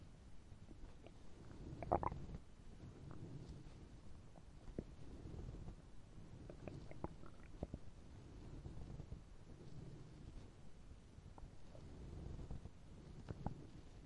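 Low gurgling rumbles with brief squelching pops throughout, an adult's empty stomach growling from hunger.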